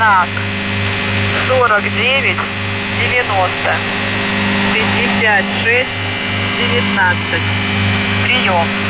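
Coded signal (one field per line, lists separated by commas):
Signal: coded military voice message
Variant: The Goose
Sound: constant low buzzing hum with short bursts of distorted spoken voice over it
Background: radio static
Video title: The Goose | August 2023 | Every Voice Message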